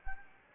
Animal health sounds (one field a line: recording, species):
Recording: mosquito wingbeat signal from an infrared sensor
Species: Anopheles gambiae